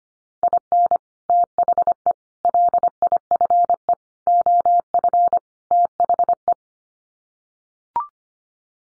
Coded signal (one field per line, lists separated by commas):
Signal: Morse code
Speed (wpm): 25 wpm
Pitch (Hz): 700 Hz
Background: none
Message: IN THE LIFE OF THE